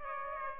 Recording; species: mosquito wingbeat signal from an infrared sensor; Aedes aegypti